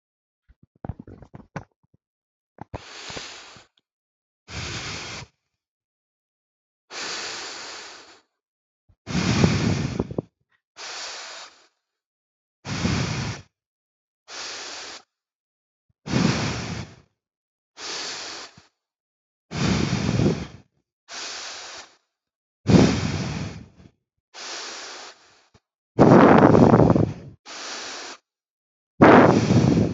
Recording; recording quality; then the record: deep breathing; excellent, no background noise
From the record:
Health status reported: healthy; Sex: male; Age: 18 years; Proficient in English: yes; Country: India